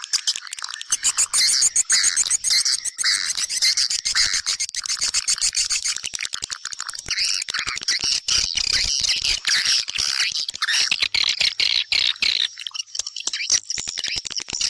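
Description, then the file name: A long, unbroken swiftlet chorus: piercing high chirps, trills and ticking clicks overlapping throughout. Lure sound used to attract swiftlets for nest farming. "Am thanh du yen"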